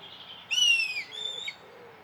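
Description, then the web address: Red kite call: a sharp, rising whistle followed by a shorter, higher whistled note. "sound Red-kite. صدای-پرنده-کورکور-حنایی"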